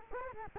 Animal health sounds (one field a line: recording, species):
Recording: mosquito wingbeat signal from an infrared sensor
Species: Culex quinquefasciatus